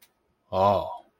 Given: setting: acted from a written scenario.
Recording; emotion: vocal sound without words; awe